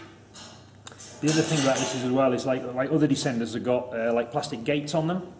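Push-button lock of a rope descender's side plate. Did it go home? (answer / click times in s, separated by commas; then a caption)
yes / 0.9 s. The side plate of a D4 Work Rescue aluminium rope descender is closed past its push-button safety, and the push-button lock gives a short, sharp click at 0.9 s as it seats into place. After the click, someone talks.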